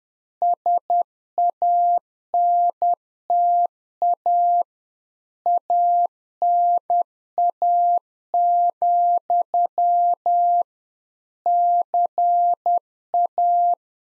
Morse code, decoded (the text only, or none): SANTA ANA, CA